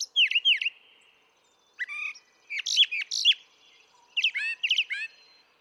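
Brown thrasher song: varied phrases, mostly doubled, of sharp down-slurred notes and buzzy chirps, given in bursts separated by short pauses.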